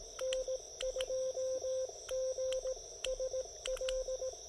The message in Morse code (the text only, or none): N2GSL